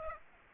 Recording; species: mosquito wingbeat signal from an infrared sensor; Aedes aegypti